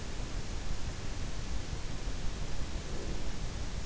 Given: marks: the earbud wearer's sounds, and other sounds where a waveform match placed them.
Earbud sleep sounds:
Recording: sounds in sleep by an in-ear microphone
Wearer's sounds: breath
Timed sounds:
2.57-3.52 s: breath

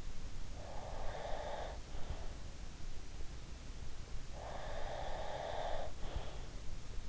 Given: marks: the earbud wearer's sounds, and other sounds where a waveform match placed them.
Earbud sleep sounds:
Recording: sounds in sleep by an in-ear microphone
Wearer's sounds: breath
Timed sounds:
0.64-2.38 s: breath
4.20-6.33 s: breath

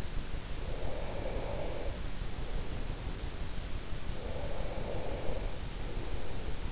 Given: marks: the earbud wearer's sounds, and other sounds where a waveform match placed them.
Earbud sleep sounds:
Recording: sounds in sleep by an in-ear microphone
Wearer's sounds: breath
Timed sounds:
0.61-3.39 s: breath
4.03-6.72 s: breath

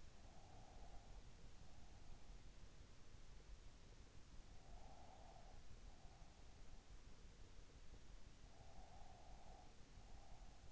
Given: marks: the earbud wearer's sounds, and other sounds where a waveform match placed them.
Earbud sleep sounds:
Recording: sounds in sleep by an in-ear microphone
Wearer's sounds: breath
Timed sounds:
0.00-1.18 s: breath
4.51-6.47 s: breath
8.63-10.72 s: breath

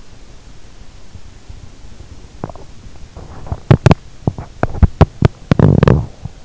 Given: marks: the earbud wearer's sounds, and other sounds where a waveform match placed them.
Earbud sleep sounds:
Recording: sounds in sleep by an in-ear microphone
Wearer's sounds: swallowing, teeth grinding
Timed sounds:
2.14-2.87 s: swallowing
3.51-6.45 s: teeth grinding

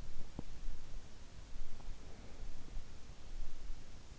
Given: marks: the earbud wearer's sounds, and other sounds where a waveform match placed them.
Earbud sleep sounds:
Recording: sounds in sleep by an in-ear microphone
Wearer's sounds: teeth grinding, breath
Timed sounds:
0.00-0.96 s: teeth grinding
1.76-3.14 s: breath

